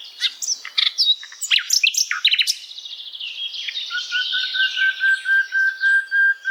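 Bird song: a jumble of fast chirps and slurred whistles, then a lower steady note pulsed several times in a row.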